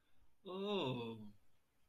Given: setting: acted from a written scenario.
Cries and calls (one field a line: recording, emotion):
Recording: vocal sound without words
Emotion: adoration